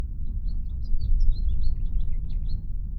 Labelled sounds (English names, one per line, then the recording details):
House Finch song
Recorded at Atlantic Beach West on Long Island, New York, on 2 June 1975
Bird C